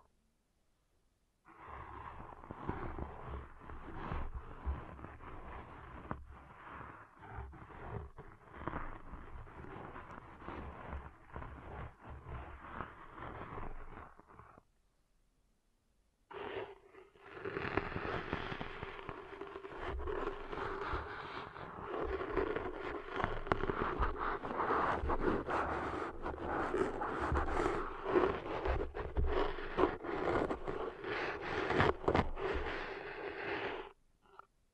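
Ear cleaning sounds made of dense, crackly scraping and rubbing that never lets up. A first stretch runs until about 15 seconds and is followed by a short silence. A louder, brighter section comes back near 16 seconds and goes on to the end.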